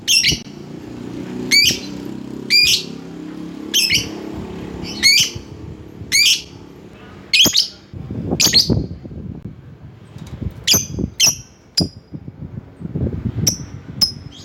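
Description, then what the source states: Lovebird calls: harsh high squawking chips spaced a second or so apart, some doubled, over low rumbling background noise. Lovebird calling a rival.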